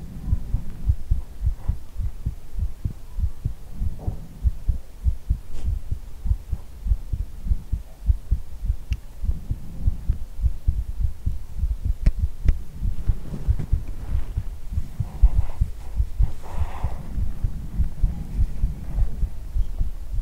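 Steady low thumping heartbeat at roughly 100 beats a minute, muffled and close, with soft breathy ear blowing and rustle sounds over it. An ordinary adult heartbeat heard through the chest during ASMR head-hugging, with a low hum underneath.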